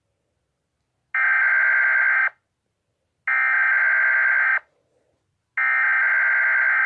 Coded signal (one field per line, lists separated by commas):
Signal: Emergency Alert System (SAME) tones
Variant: header bursts